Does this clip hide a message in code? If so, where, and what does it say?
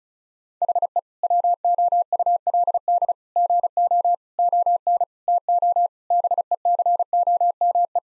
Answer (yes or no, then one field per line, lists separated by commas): yes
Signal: Morse code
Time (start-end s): 0.6-8.0 s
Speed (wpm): 36 wpm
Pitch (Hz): 700 Hz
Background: none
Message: HE WOULD GO ON TO BECOME